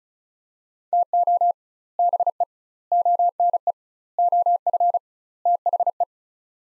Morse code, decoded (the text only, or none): TO BE ONE OF THE